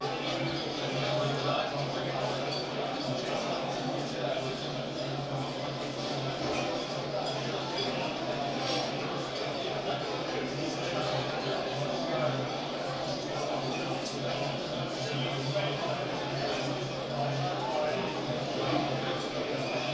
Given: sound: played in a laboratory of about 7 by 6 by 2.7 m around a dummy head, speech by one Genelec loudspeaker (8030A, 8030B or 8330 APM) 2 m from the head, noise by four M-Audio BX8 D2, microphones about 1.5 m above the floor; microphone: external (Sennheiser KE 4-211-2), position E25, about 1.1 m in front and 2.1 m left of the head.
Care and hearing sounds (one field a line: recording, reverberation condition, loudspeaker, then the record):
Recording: cafeteria noise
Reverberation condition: medium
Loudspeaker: four, about 170 cm from the corners of the room and facing them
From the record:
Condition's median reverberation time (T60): about 510 ms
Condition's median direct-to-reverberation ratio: about -0.5 dB